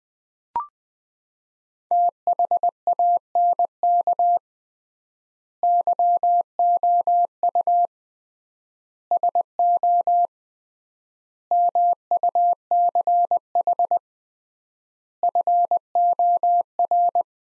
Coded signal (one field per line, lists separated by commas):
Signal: Morse code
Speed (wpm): 21 wpm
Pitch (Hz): 700 Hz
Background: none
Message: THANK YOU SO MUCH FOR